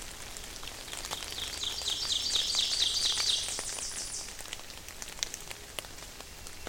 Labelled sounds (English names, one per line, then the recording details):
Ovenbird song
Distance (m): 45 m
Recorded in boreal forest in Alberta, Canada, on 28 May 2016 at 08:54
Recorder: SongMeter 3, array SBT-3-49
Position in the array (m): 54 m, 148 m
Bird 15